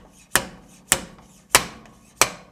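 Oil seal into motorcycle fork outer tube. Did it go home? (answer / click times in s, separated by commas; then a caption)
yes / 2.2 s. An oil seal is tapped into the outer tube of a KYB SSS motorcycle fork on a 2006–2022 Yamaha, using a metal seal driver slid over the fork leg. Four sharp taps ring out at about 0.4, 0.9, 1.6 and 2.2 seconds, with a faint tick near 1.9 seconds. The last tap at 2.2 seconds gives the higher-pitched sound of the seal seating fully home.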